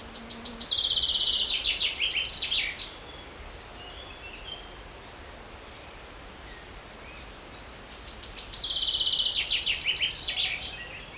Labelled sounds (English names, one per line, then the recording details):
Common Chaffinch
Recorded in the wild
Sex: male
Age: adult
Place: Botanische Anlage Blankenfelde, Berlin, DE
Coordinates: 52.603, 13.4
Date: 1993-07-03 12:28
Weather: 20-23 °C, sonnig, diesig, böiger Wind
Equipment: Marantz CP 430, Sennheiser ME 80, Kopie Uher Variocord 263
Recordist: Tembrock, Günter